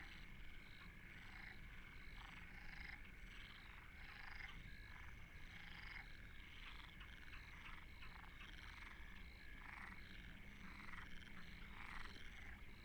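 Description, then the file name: Many frogs croak together, short pulsed rattles repeating and overlapping continuously over a constant high-pitched hum. Frogs at Deltebre in the Ebro Delta, 2014. "Postpaisatge Granotes Deltebre"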